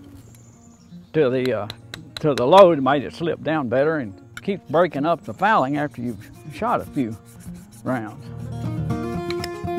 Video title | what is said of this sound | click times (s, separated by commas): Flintlock Rifles | is a flintlock, so I pull the cock back to a half cock and it's on safe. You heard it click in there. | 9.3 s, 9.4 s